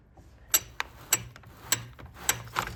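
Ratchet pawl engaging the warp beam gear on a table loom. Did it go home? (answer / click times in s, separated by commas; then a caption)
yes / 0.8 s, 1.1 s, 1.7 s, 2.3 s, 2.6 s. The warp beam of a Structo table loom is wound tighter, and the small flat metal pawl drops into the gear teeth with a series of sharp clicks at 0.8, 1.1, 1.7, 2.3 and 2.6 seconds over a low background hum. The pawl locks into place, holding the warp beam tight.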